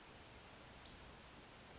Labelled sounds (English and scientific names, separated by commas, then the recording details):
Western Flycatcher (Empidonax difficilis)
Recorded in Sonoma County, California